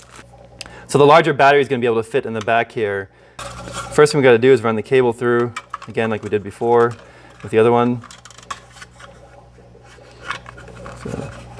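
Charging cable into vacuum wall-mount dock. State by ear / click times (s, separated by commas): not seated / none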